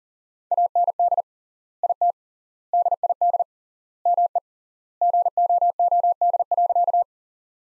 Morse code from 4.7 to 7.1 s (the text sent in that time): GOOD.